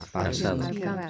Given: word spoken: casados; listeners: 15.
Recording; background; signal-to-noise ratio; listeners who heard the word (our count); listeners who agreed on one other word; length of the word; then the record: one Spanish word in noise, from a listening test; four-talker babble; -3.0 dB; 0 of 15; 7 of 15; 0.70 s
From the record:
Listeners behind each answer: 7, 4, 1, 1, 1, 1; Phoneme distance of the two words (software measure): 17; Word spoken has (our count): 3 syllables, 7 phonemes, stress on syllable 2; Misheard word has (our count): 3 syllables, 6 phonemes, stress on syllable 2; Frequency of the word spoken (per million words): 6.15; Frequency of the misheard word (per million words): 462.01